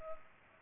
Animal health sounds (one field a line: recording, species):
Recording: mosquito wingbeat signal from an infrared sensor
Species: Culex pipiens